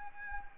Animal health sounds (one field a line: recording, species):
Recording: mosquito wingbeat signal from an infrared sensor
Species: Anopheles gambiae